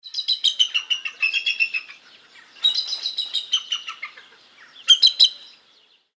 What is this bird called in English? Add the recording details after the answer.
Bald Eagle. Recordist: Tembrock, Günter. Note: Rufe von Jungtieren